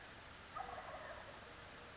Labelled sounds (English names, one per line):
Wild Turkey